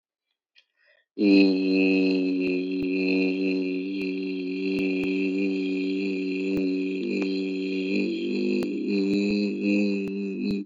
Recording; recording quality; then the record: sustained vowel as in beet; excellent, no background noise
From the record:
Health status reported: healthy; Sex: male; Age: 26 years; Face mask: not worn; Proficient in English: yes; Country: Canada